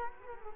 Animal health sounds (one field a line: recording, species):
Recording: mosquito wingbeat signal from an infrared sensor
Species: Culex quinquefasciatus